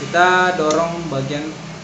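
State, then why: Not seated. Someone talks while a plastic trimmer attachment is handled onto a Kemei KM-1407 hair clipper, its back end inserted first before the front is pushed down. The attachment has not yet seated or clicked on by the end of the clip.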